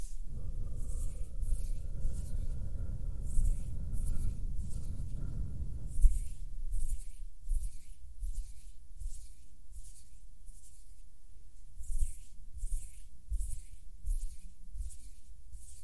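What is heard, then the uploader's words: Hands rub and brush in a steady rhythm, each soft swish repeating roughly every second across the whole stretch. For the first six seconds a low rumble and a faint steady hum sit underneath, then fall away, leaving only the quiet, airy strokes. HAND SOUNDS + SOFT HAND MOVEMENS.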